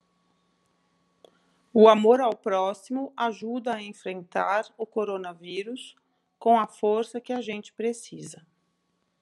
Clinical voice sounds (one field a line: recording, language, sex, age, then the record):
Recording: spoken sentence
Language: Brazilian Portuguese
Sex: female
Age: 50 to 59 years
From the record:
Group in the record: control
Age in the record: 51 years